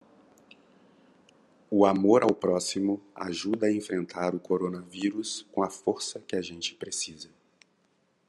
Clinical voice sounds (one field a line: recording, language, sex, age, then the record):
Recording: spoken sentence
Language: Brazilian Portuguese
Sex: male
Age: 40 to 49 years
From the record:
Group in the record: control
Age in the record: 47 years